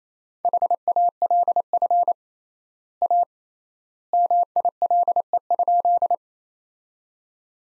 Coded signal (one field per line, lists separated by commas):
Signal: Morse code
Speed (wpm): 28 wpm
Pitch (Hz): 700 Hz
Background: none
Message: HALF A MILE?